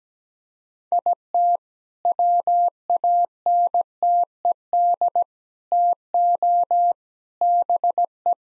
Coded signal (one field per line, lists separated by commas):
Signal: Morse code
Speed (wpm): 17 wpm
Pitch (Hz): 700 Hz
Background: none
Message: IT WANTED TO BE